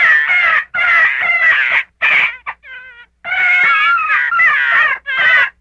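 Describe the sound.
Gray fox making long, raspy, wavering whines in a rapid series, broken by a short pause, then more strained, quavering cries.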